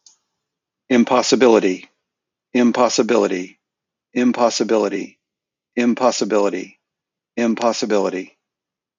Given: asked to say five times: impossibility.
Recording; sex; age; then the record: repeated word; male; 50 to 59 years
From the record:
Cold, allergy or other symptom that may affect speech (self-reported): no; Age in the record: 58 years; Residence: New Jersey, United States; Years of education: 17